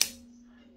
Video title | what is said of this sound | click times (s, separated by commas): EDC Jinhao X450 Fountain Pen Review | to get a nice click | 0.0 s